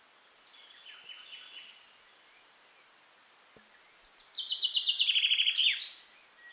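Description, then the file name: Common chaffinch with scattered high notes, a quiet gap, then a loud rapid trill of repeated notes that steps downward and finishes with a short flourish. "Fringilla coelebs"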